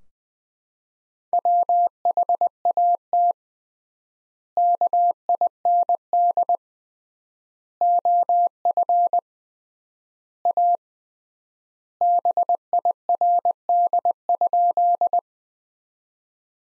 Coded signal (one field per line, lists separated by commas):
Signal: Morse code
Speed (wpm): 20 wpm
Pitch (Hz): 700 Hz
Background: none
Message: WHAT KIND OF A BIRD?